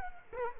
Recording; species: mosquito wingbeat signal from an infrared sensor; Culex quinquefasciatus